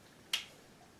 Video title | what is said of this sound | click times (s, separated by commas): Adventures In Ultrasonic Cleaning - Sink Aerator | there it is there just snaps into place and now the washer | 0.3 s